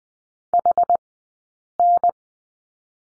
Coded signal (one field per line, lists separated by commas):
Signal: Morse code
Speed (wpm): 19 wpm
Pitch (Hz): 700 Hz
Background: none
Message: H N